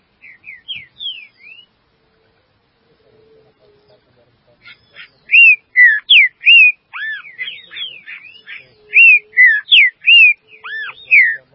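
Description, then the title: Green-winged saltator song: quiet whistles at first, then long loud stretches of rapid, ringing slurred notes repeated in bursts, over a faint low hum. "Trinca Ferro"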